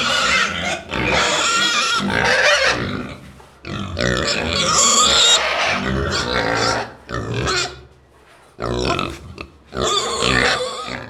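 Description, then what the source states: Pigs grunting and squealing: loud, rough, overlapping bursts of noisy calls lasting a few seconds each, separated by short quieter gaps. Recorded in a pig stable.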